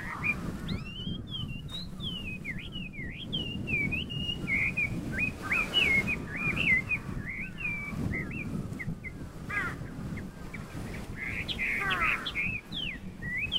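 Chinese hwamei delivering a long, rambling series of whistled, looping phrases over constant low rumbling noise.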